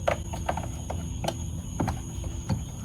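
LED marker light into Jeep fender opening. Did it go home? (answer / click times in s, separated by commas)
no / none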